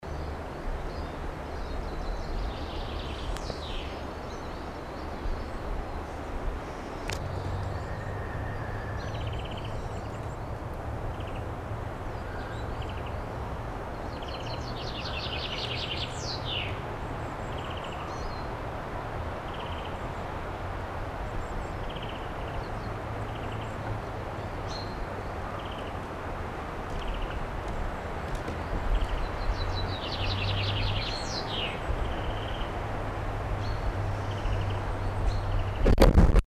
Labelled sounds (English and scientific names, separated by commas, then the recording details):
Common Chaffinch (Fringilla coelebs) song, European Greenfinch (Chloris chloris), Great Tit (Parus major)
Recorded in the wild
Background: Chloris chloris, Parus major
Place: Garmisch-Partenkirchen, Bayern, DE
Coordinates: 47.4931, 11.0633
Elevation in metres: 784
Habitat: mountains
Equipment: Uher 4000, Sennheiser MKH 415 T
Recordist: Tretzel, Erwin
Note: März 1980, Almhütte, Garmisch-Partenkirchen: Gesang